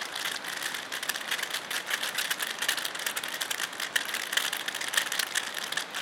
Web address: صدای-مرغ-روغنی